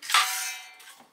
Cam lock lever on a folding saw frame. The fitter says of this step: locks in place solid bomb proof